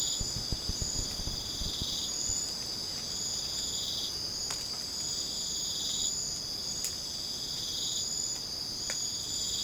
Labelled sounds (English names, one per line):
none